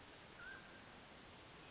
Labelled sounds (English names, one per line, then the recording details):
Mountain Quail
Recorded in Sonoma County, California